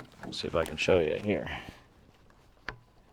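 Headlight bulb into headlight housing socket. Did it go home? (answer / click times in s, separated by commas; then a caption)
yes / 2.7 s. Someone talks as a headlight bulb with one large and three small locating tabs and a weather seal is lined up with the hole in the headlight housing socket, pushed in and turned clockwise. After a faint tick at 2.3 s, a single sharp click at 2.7 s marks the bulb locking into the housing, confirming it is fully seated.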